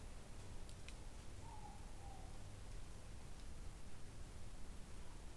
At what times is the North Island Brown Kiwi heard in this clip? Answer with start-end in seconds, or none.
none